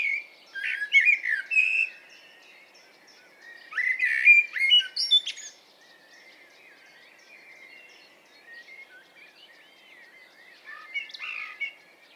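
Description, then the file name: Eurasian blackbird singing two rich fluted warbling phrases, each finishing in high scratchy notes, then a long quiet gap before a softer final phrase. "Turdus merula"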